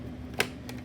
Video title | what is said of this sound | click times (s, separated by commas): Macarons part 1--measuring ingredients-sifting-setting up piping equipment | a little bit and then turn it counterclockwise until it snaps in place | 0.4 s